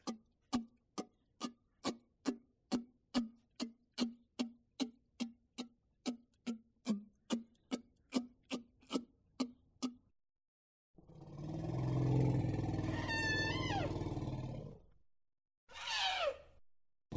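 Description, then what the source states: Elephant sounds: a rapid, regular train of sharp huffing snorts, about two and a half per second for ten seconds, then a loud, rough roar with a trumpet squeal, and a short final blast. Various elephant snorts, growls and trumpets.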